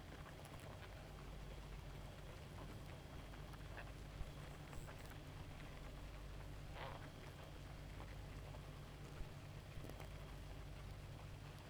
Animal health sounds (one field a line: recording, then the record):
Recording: honeybee colony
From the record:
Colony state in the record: active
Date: 28 July 2017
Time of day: 1:01